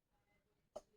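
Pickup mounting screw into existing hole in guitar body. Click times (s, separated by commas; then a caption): 0.8 s. A pickup mounting screw is turned by hand into an existing, previously used hole in a guitar body. After a low, quiet stretch, a single short, sharp click at 0.8 s (0.76 s) rises well above the background. The click shows the wood screw's threads have found the old thread path and are seated.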